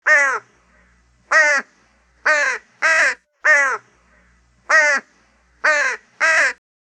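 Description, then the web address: Crow cawing: eight harsh, rasping caws in an uneven rhythm, some spaced widely and others given in quick pairs. "ворона"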